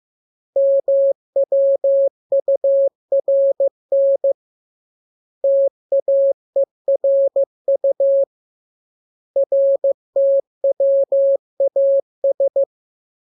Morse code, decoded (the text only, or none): MWURN TAERU RTWAS